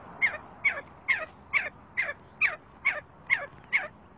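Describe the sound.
See-see partridge with a short sequence of nine crisp falling notes, evenly spaced about twice a second.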